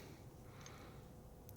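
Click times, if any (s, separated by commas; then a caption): 1.5 s. The pointed end of a small steel safety selector detent for a Tyrant CNC NexGen AR safety selector is dropped into its hole in an AR-15 lower receiver. Over a low, steady background hiss, it lands with a short, sharp tick at 1.5 s. The detent drops into the bore but does not go fully home.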